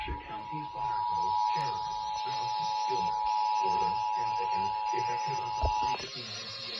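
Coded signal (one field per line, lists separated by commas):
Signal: Emergency Alert System (SAME) tones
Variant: 853 and 960 Hz attention tone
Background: speech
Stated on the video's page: Tornado warning caught in parts.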